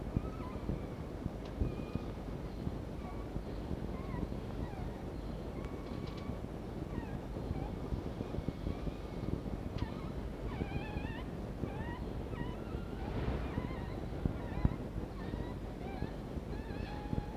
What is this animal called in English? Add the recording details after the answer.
Red Fox. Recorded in captivity. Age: juvenile. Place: Zoologisches Institut der HUB, Berlin, DE. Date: 1952-05-15 11:10. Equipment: Elmetra. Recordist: Tembrock, Günter. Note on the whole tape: Welpen: Quärren (während der Pflege durch Fiffi)